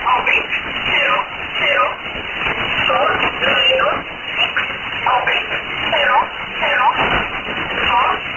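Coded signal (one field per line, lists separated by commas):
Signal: numbers station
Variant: E11 Oblique, English voice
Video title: 02 06 2018 E11 Oblique Numbers station in English to Eu 1710 on 6480 unknown tx site in USB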